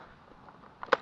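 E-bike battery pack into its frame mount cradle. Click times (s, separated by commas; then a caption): 0.9 s. An e-bike battery pack from a Dillenger street-legal conversion kit is slid back onto its frame-mounted cradle until it locks into place. Faint ticks sound at 0.5 s and 0.7 s, then a sharper tick at 0.8 s, and a loud, bright click at 0.9 s as the battery seats in its mount.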